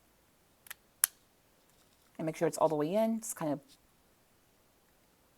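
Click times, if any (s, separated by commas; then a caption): 1.0 s. A laptop hard drive, lined up with its connector, is pushed gently into the drive connector until it seats with a sharp click at 1.0 s, preceded by a faint tick at 0.7 s. Someone then talks.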